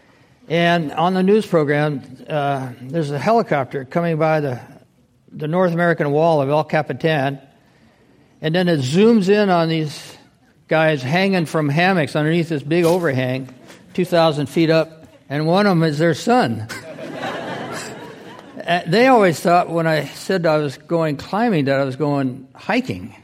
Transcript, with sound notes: And on the news program there’s a helicopter coming by the North American wall of El Capitan. And then it zooms in on these guys hanging from hammocks underneath this big overhang 2,000 feet up and one of them is their son.
[Laughter]
They always thought when I said I was going climbing that I was going hiking.